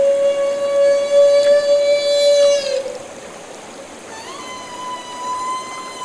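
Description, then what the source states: Humpback whale feeding call: a sustained harmonic drone that slides down and fades near three seconds, then a higher, rising tone enters and holds to the end. Call made during bubble-net feeding.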